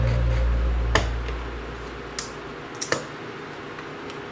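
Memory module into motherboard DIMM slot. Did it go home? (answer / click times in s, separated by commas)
yes / 1.0 s, 2.9 s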